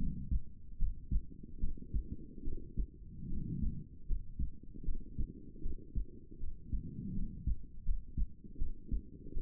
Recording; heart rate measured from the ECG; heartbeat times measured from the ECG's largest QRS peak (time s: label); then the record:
heart sounds by stethoscope; 77 bpm
0.77 s: heartbeat
1.59 s: heartbeat
2.43 s: heartbeat
3.28 s: heartbeat
4.06 s: heartbeat
4.84 s: heartbeat
5.61 s: heartbeat
6.38 s: heartbeat
7.13 s: heartbeat
7.84 s: heartbeat
8.57 s: heartbeat
9.32 s: heartbeat
From the record:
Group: healthy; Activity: rest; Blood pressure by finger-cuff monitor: 111/62 mmHg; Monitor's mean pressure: 79 mmHg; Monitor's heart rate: 76 bpm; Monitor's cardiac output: 7.5 L/min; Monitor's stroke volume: 101 mL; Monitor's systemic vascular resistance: 760 dyn s/cm5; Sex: female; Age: 23 years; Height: 160 cm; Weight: 50.4 kg